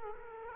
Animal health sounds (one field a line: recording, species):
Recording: mosquito wingbeat signal from an infrared sensor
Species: Culex quinquefasciatus